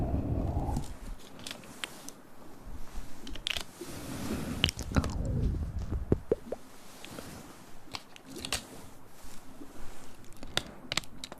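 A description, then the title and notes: Mouth sounds and hand movements: irregular wet clicks, crunchy snaps and soft rustles, busiest around the middle. Mouth sounds, hand movements at sensitivity.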